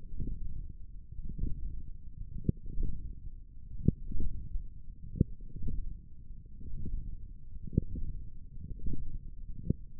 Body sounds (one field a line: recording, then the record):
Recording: forearm muscle sounds (acoustic myography)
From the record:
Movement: wrist flexion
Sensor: system 1, eight BSWA MPA416 microphones around the upper forearm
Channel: 1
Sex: male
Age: 21 years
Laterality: right